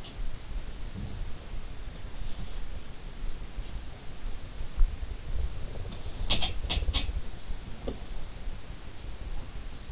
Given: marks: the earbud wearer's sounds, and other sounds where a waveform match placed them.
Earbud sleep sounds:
sounds in sleep by an in-ear microphone; teeth grinding
6.27-7.08 s: teeth grinding
7.74-8.13 s: teeth grinding

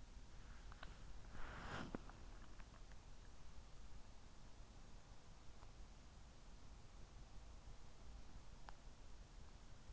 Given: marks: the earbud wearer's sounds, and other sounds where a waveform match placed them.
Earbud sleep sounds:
sounds in sleep by an in-ear microphone; body movement
0.00-3.61 s: body movement

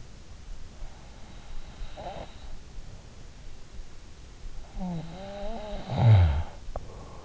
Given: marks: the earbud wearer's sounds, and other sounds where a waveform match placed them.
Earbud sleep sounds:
sounds in sleep by an in-ear microphone; breath, snoring breath
0.91-3.14 s: breath
4.34-7.25 s: snoring breath

